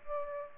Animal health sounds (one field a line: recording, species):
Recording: mosquito wingbeat signal from an infrared sensor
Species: Aedes aegypti